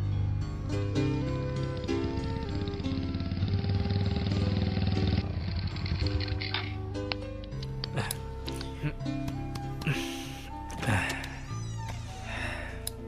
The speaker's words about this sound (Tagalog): sabi na nga ba, motor mo yung narinig kong dumating eh.